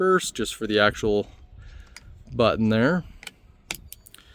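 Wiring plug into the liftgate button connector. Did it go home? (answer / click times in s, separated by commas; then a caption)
yes / 3.7 s. Someone talks while a plastic wiring plug is pushed back onto the female side of the liftgate light button connector during a YotaForge3D 200 Series cargo light install. A few faint ticks follow, then a sharp click at 3.7 s as the connector seats into the liftgate button.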